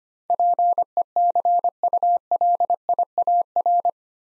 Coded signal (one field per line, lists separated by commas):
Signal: Morse code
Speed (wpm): 25 wpm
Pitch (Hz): 700 Hz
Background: none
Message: PECULIAR